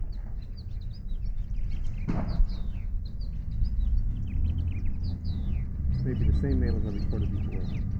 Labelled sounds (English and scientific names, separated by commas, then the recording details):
House Finch (Haemorhous mexicanus) song
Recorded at Hempstead on Long Island, New York, on 10 June 1975
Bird A